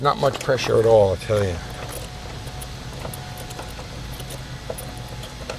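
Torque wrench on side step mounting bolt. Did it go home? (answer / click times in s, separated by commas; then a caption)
yes / 5.5 s. Someone talks while a torque wrench tightens another mounting bolt on a side step of a Nissan Xterra, using only light pressure so the bolts don't strip. Small ratchety ticks sound at about 2.6 s and 3.1 s. The wrench then clicks at its setting at 5.5 s, confirming the bolt is torqued.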